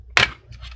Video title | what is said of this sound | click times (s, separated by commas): How I Fixed My MacBook Air Screen for Under $157 | tuck it underneath and then leave the back cover straight up and you can hear the two little clicker | 0.2 s